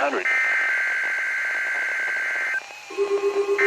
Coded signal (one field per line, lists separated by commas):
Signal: Emergency Alert System (SAME) tones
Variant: header bursts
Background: speech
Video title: EAS #693 - 9/28/2022 Required Weekly Test on WXJ97.